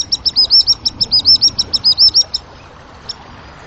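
Bird giving a fast run of bright, high chirps and slurred notes for about two seconds, followed by a single faint note.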